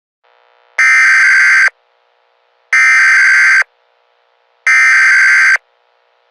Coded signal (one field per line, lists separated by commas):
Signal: Emergency Alert System (SAME) tones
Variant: header bursts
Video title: EAS Scenario (my first one!) PUMPKINS! (13+)￼